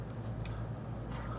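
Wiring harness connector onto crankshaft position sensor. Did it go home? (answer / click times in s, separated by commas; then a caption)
no / none. A wiring harness connector is lined up and pushed onto a new crankshaft position sensor, already torqued to 18, on a 2007-2014 Cadillac Escalade 6.2L V8. Over a steady low rumble, a brief faint tick sounds at about 0.5 s while the connector is handled. Nothing has seated or clicked yet.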